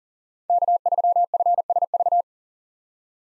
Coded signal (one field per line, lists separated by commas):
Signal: Morse code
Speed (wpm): 40 wpm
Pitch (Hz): 700 Hz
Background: none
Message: K3FSV